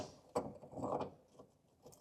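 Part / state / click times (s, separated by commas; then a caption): rusted bolt and nut on the chassis of an old car / stripped / none. A wrench works a rusted steel bolt and nut on the chassis of a 1972 Chevelle, making a sharp ratcheting hit at about 0.4 s, then a burst of grinding and clicking around 0.8–1.0 s, and fainter ticks near 1.4 s and 1.9 s. The fastener keeps spinning without tightening or loosening, so it has stripped, and nothing has seated or clicked into place.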